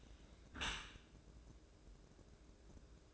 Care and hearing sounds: daily activity, microphone in the room; close dishwasher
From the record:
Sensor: 2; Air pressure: 1012.2 hPa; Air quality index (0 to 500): 141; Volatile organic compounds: 2 ppm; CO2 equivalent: 1035 ppm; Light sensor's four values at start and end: 310/761/309/315 and 312/766/311/318

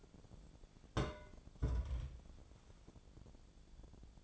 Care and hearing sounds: daily activity, microphone in the room; place on stove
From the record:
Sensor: 5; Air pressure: 1000.0 hPa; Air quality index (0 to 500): 94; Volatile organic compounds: 1 ppm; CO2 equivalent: 766 ppm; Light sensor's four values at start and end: 356/827/363/409 and 354/826/362/407

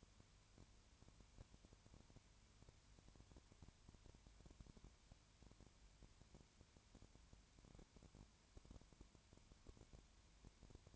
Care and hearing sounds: daily activity, microphone in the room; no activity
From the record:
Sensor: 2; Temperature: 20.3 degrees Celsius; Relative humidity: 33.8%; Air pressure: 1003.2 hPa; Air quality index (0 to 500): 82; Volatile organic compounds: 1 ppm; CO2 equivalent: 782 ppm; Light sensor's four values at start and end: 2/3/2/2 and 2/3/2/2

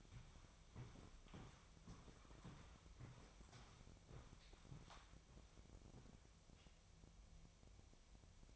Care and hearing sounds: daily activity, microphone in the room; walk to room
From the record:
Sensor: 1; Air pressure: 999.4 hPa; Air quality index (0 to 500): 198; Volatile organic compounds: 39 ppm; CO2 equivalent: 3138 ppm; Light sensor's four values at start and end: 10/24/9/10 and 10/25/9/10

